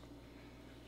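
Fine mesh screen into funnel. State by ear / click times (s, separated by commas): not seated / none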